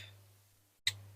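Clear plastic window glazing is pushed onto its locator pegs in the diecast body of a Corgi 700 Motorway Ambulance model during restoration. After a quiet stretch with a steady low hum, a single sharp click sounds at 0.9 s. The glazing snaps onto the locators and is seated.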